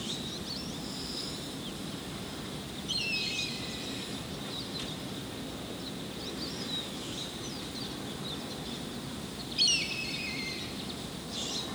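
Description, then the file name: Hawk giving two raspy descending screams, with a few fainter calls, over a steady rushing background hiss. Hawks in a canyon at Santa Monica, California, 26 March 2007. "03-26-07-Santa Monica CA Canyon Hawks"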